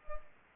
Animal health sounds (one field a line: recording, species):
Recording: mosquito wingbeat signal from an infrared sensor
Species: Culex pipiens